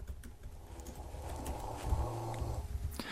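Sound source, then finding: Dog. Snoring.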